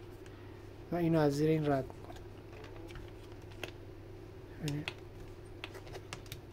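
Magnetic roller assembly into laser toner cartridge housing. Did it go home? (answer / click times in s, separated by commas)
yes / 5.6 s, 6.1 s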